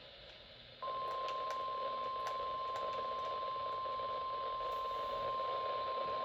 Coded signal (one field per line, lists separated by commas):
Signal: Emergency Alert System (SAME) tones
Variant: 1050 Hz attention tone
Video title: Tests (EAS 488-492)